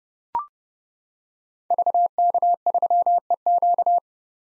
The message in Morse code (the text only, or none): VK3EQ